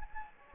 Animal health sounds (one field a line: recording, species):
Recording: mosquito wingbeat signal from an infrared sensor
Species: Anopheles gambiae